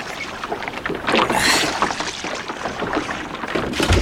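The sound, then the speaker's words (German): Someone clambers into a rowboat: water sloshes and splashes against the hull, with hollow wooden knocks and bumps as the boat rocks, ending in a heavier thud. “Helf mir mal ins Boot, ihr beiden.”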